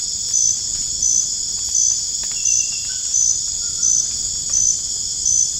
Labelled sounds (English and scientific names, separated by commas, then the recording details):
none
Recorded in dense forest near Puerto Asís, Putumayo, Colombia, on 25 June 2025 at 01:30
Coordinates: 0.481, -76.323
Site G072